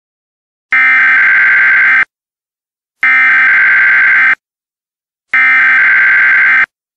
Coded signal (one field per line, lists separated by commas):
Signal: Emergency Alert System (SAME) tones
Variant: header bursts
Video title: EAS Scenario: The Genetic Code Part 4